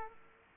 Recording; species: mosquito wingbeat signal from an infrared sensor; Aedes aegypti